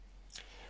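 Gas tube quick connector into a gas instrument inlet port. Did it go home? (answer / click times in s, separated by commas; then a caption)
yes / 0.3 s. A gas tube fitted with a quick connector is pushed into the inlet port of a gas instrument. A sharp click at 0.3 s shows the connector seating, and a second brief, bright transient follows at about 0.4 s. No one talks during the clip.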